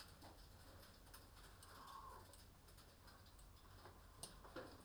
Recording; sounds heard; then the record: poultry house recording; healthy chickens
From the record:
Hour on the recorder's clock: 20